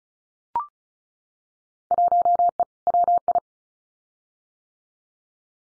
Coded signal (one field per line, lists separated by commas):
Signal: Morse code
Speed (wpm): 36 wpm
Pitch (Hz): 700 Hz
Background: none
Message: 1E WI